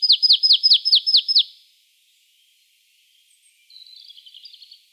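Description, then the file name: Marsh tit gives a rapid series of about seven bright, falling notes, then goes quiet before a brief burst of soft, buzzy chatter. "Poecile palustris"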